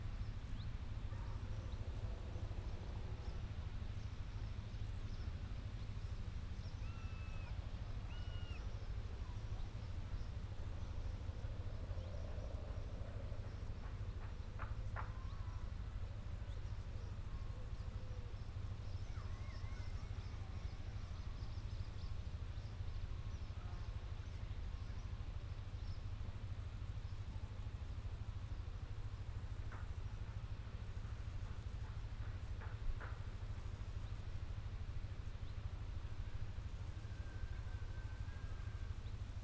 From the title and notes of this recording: Steam train stops at country station. It's a perfect Shropshire August day. We took this sound photograph of a steam train passing through Arley station last month. Balmy country sounds.